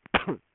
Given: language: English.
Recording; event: throat vibration sensor signal played as sound; cough